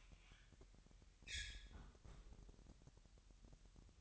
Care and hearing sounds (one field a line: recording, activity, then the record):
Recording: daily activity, microphone in the room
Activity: close fridge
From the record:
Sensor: 3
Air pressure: 1001.9 hPa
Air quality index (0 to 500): 241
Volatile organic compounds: 46 ppm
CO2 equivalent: 3239 ppm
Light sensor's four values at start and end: 12/36/16/13 and 12/36/16/13